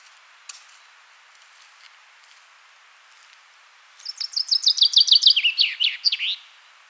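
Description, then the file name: Common chaffinch song after about four seconds of near-quiet with a faint click: an accelerating cascade of clear notes falling in pitch, closed by an emphatic flourish. "Fringilla coelebs"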